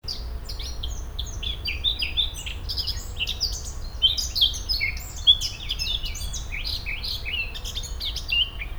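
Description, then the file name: Eurasian blackcap singing a fast, continuous warble of high, varied chirps and slurred notes that runs without pause throughout, over a low rumbling background. "Sylvia atricapilla"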